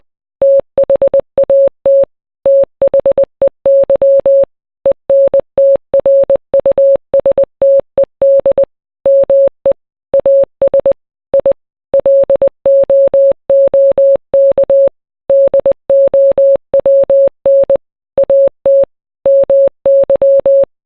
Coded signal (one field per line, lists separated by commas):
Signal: Morse code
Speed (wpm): 20 wpm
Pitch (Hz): 550 Hz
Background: none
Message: THAT THEY ENTRUSTED ME AS I LOOK DOWN AT MY